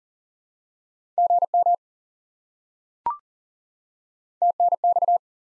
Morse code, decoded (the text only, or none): GM TNX